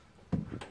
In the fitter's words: And when you hear that click, that's it. It's done its magic.